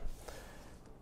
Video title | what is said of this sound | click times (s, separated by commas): Ninja Creami Review: Does this Ice Cream Maker Work? | It seems more difficult when you haven't tried it yet, but it comes up here and snaps into place like that. | 0.3 s